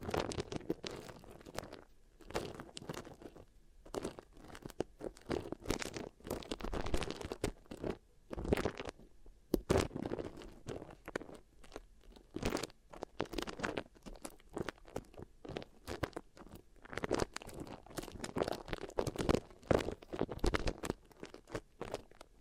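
Beeswax is pressed and kneaded against the ear, giving dense, crackly crunching and squishing sounds that come in quick irregular bursts throughout. Brief quiet gaps break up the handling now and then, and a soft low rumble sits underneath.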